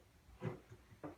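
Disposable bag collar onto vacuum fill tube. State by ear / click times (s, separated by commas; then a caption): not seated / none. A disposable paper vacuum bag is handled as its collar is pushed onto the fill tube of a Hoover Legacy U5072-930 upright vacuum. Soft rustling and muffled bumps are heard, loudest around 0.4–0.5 s, with another brief knock near 1.0 s. The collar has not seated yet.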